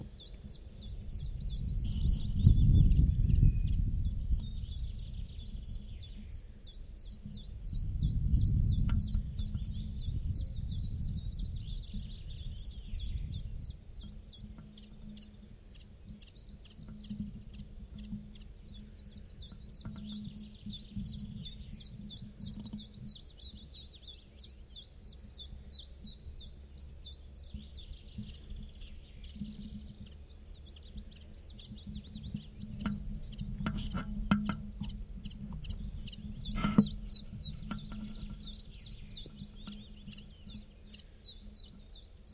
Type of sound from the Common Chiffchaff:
song